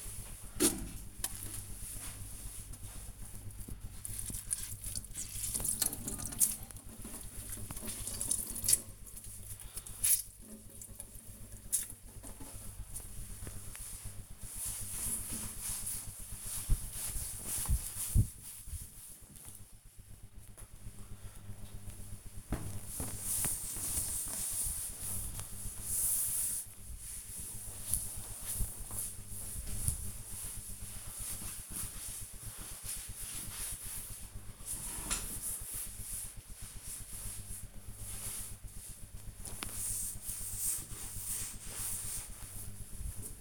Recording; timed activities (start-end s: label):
household activities, microphone on the right wrist
6.21-43.41 s: cleaning table